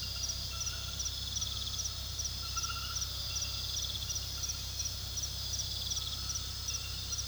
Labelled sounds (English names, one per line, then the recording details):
none
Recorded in pastures near Puerto Asís, Putumayo, Colombia, on 18 February 2024 at 22:30
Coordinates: 0.486, -76.323
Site G6462